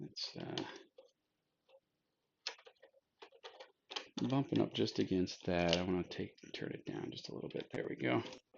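Someone talks while adjusting a part on the scanner mount rail of a SmartTech 3D Universe 10, nudging it up against a stop and turning it down slightly, with a few faint handling taps between words. The emergency catch, meant to stop the part sliding forward, has not yet clicked into place, and nothing has seated by the end of the clip.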